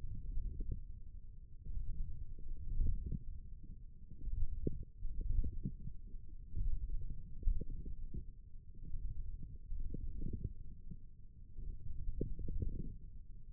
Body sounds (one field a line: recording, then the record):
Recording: forearm muscle sounds (acoustic myography)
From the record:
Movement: forearm pronation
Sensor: system 1, eight BSWA MPA416 microphones around the upper forearm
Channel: 1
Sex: male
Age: 28 years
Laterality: right